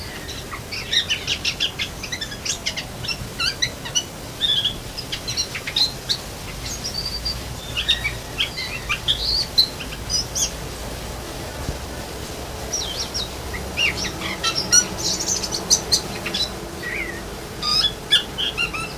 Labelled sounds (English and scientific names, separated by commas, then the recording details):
Javan Whistling-Thrush (Myophonus glaucinus) song
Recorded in captivity
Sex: male
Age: adult
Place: Zoo Berlin, Berlin, DE
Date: 2000-09-07 17:39
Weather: fair, 16°C
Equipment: Nagra SN, Kopie Uher 4000 Report Monitor
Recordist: Tembrock, Günter
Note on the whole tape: Gesang (Entfernung ca. 5 m)